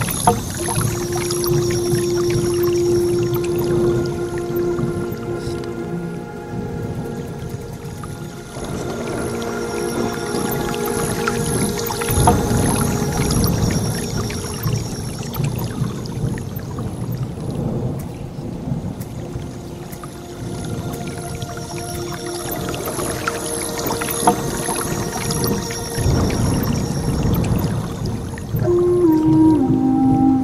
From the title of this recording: Native American Flute Music with Thunder and Rain